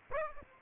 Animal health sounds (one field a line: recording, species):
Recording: mosquito wingbeat signal from an infrared sensor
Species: Aedes aegypti